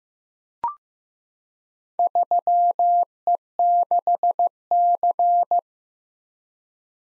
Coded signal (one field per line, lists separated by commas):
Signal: Morse code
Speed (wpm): 15 wpm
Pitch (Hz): 700 Hz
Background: none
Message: 3E6C